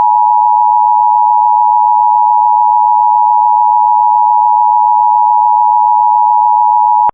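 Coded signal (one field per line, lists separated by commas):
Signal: Emergency Alert System (SAME) tones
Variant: 853 and 960 Hz attention tone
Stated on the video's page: Required Weekly Test carried over Cox cable, containing an error.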